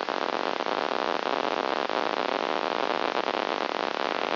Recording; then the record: brain microelectrode recording played as sound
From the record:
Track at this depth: inside the subthalamic nucleus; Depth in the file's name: 4.502 mm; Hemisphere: left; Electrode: 2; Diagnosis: Parkinson's disease